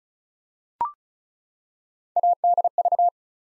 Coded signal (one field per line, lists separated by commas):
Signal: Morse code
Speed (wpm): 36 wpm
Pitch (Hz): 700 Hz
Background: none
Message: ADV